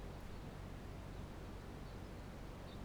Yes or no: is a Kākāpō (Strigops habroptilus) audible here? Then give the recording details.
yes. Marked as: faintness 4/5. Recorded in New Zealand. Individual Barnard